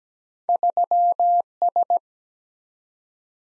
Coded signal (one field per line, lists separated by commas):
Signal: Morse code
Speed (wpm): 17 wpm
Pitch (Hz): 700 Hz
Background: none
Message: 3S